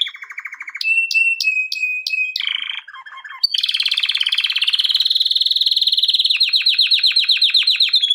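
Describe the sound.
Canary song with a quick trill, sharp whistled upslurs, a low chattering phrase, then a long fast buzzy roll of repeated notes.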